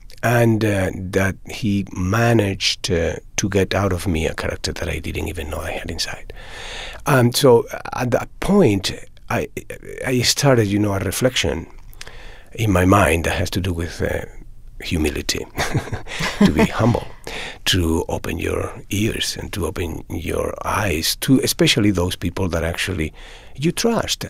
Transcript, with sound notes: that he managed to get out of me a character that I didn't even know I had inside. So at that point I started, you know, a reflection in my mind that has to do with humility.
(LAUGHTER)
To be humble, to open your ears and to open your eyes to especially those people that actually you trust.